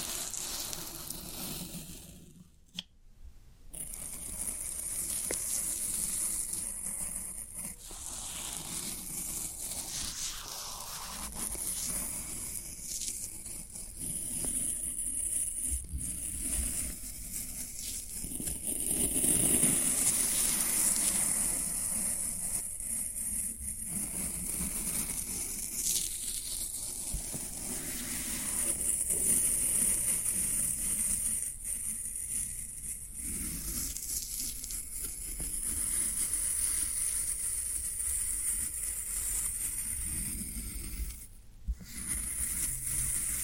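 Floral foam being pressed and crumbled, giving a dense, continuous crackling and scratching with a bright, hissy top. The texture stays busy throughout, swelling louder around twenty seconds and again near thirty-three, with brief quiet breaks near three and forty-one seconds.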